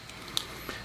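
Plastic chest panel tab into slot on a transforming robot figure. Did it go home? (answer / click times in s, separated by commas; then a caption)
yes / 0.4 s. The articulated plastic chest panel of a Hasbro Masterpiece MP-04 Prowl transforming robot figure is pulled out slightly, then pushed in so its tab lines up with the matching slot, since it won't fit correctly otherwise. A sharp, bright click at 0.4 s marks the tab seating, followed by a fainter tick near 0.7 s. The panel clicks into place.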